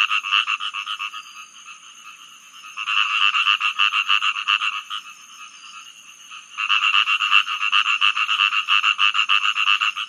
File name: rice field frog